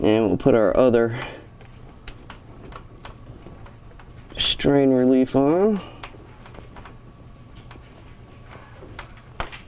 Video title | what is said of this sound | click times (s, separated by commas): Fisher & Paykel Dishwasher Repair - Will Not Run Errors Then Stops - Water Inlet Valve Diagnostics | that snapped into place everything is where it's supposed to be now | 9.4 s